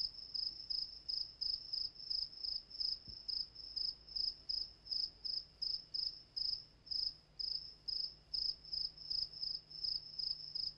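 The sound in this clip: Cricket chirping continuously, bright high chirps repeated about two to three per second with little variation, over a low hum.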